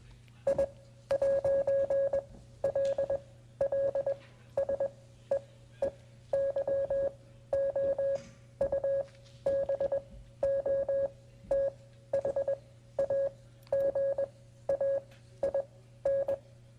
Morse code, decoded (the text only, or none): I'LL SEE YOU BOTH AGAIN